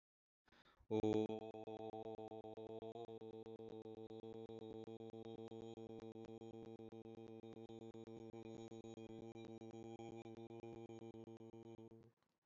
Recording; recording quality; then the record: sustained vowel as in boot; excellent, no background noise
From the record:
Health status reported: healthy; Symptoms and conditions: diabetes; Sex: male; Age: 39 years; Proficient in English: yes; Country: India